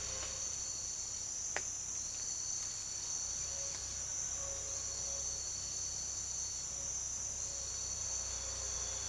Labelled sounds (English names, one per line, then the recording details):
none
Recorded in secondary vegetation near Puerto Asís, Putumayo, Colombia, on 19 June 2025 at 08:00
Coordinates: 0.485, -76.322
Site GP06